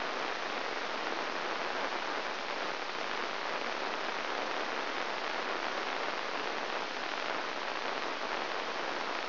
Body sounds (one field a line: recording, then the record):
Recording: brain microelectrode recording played as sound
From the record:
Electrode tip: inside the subthalamic nucleus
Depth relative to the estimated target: 0 mm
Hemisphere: right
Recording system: AlphaMap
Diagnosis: Parkinson's disease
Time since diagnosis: 12 years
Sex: female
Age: 56 years